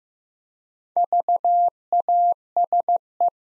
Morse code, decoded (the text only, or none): VASE